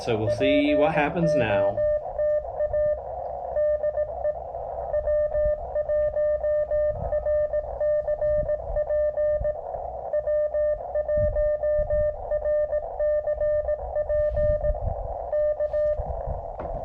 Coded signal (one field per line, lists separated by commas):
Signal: Morse code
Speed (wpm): 18 wpm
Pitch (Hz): 590 Hz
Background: speech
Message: POTA DE W1RCP W1RCP K